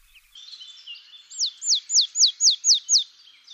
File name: Mesange boreale